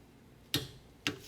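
A click-type torque wrench set to 23 ft-lb tightens the rear brake caliper bolt on a Hyundai Santa Fe. Two sharp clicks are heard at 0.5 s and 1.1 s, each time the wrench reaches its setting. The bolt is torqued to spec.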